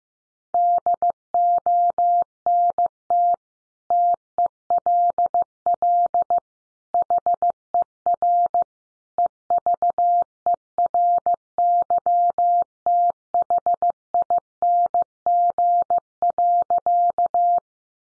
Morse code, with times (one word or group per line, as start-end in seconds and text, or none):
0.5-3.3 DONT
3.9-6.4 TELL
6.9-8.6 HER
9.2-17.6 EVERYTHING.